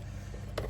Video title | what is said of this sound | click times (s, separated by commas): I Added Blind Spot Monitoring to My Tesla Model Y! (Easy Install) | There you go. You'll hear it snap out like that. | 0.6 s